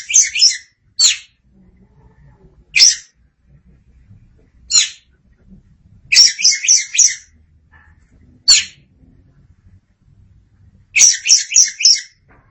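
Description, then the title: Oriental magpie-robin mixing lone rasping notes with fast runs of harsh high notes, pausing briefly between phrases. "Suara Kicauan Burung Kacer Durasi Panjang"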